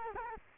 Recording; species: mosquito wingbeat signal from an infrared sensor; Culex quinquefasciatus